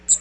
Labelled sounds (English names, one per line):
Magnolia Warbler flight call